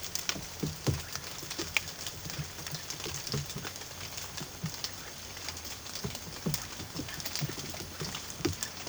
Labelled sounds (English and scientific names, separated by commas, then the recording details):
none
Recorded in pastures near Puerto Asís, Putumayo, Colombia, on 21 March 2025 at 15:30
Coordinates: 0.487, -76.322
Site G077